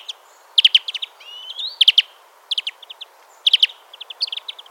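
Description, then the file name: European greenfinch giving clusters of sharp chips about once a second, with one smooth rising wheezy note between them. "Chloris chloris"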